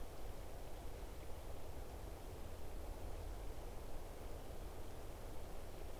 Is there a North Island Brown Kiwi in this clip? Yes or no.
no